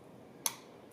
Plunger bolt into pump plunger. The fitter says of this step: carefully install the plunger bolt into the plunger until it clicks into place